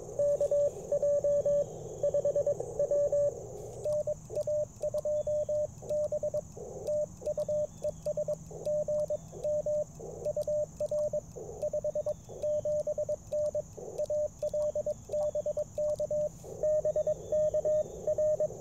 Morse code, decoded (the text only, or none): KJ5W NA2B TU ES GM UR 57N AL BK BK R